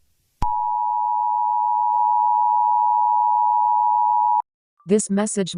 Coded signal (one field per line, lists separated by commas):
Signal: Emergency Alert System (SAME) tones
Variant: 853 and 960 Hz attention tone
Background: speech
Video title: EAS Alarm #3: Unikitty Attack